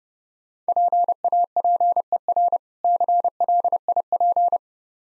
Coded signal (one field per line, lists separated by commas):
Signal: Morse code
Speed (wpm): 32 wpm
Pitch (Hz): 700 Hz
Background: none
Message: PAPER CLIP